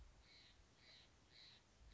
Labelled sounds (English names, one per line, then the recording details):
Steller's Jay
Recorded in Sonoma County, California